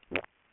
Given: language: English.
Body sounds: throat vibration sensor signal played as sound; swallow

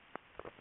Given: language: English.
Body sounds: throat vibration sensor signal played as sound; swallow

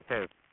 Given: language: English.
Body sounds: throat vibration sensor signal played as sound; speech

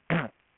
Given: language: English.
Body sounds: throat vibration sensor signal played as sound; throat clearing

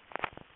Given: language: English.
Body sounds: throat vibration sensor signal played as sound; swallow

